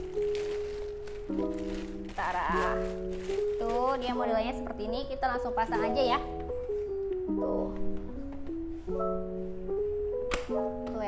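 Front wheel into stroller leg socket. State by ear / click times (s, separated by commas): seated / 10.3 s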